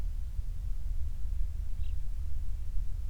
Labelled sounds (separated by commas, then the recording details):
songbird
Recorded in the Prudhoe Bay oil fields, Alaska, on 28 July 2019 at 05:40
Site 25